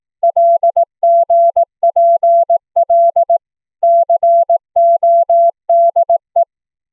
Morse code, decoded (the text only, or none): LGPL CODE